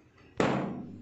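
A floor head attachment is pushed onto the extension tube of a Geek cordless wireless vacuum cleaner. After a faint tap, a sharp loud snap at 0.4 s shows it has clicked and seated. A broadband ring follows and slowly fades.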